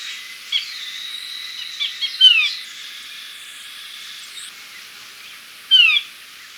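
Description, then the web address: Chestnut-breasted chlorophonia calls: two clear, descending slurred notes about three and a half seconds apart, with a thin steady tone and soft chips in the background. Recorded in Ecuador. "Natures Songs S America Birds of Ecuador. Chestnut-Breasted Chlorophonia"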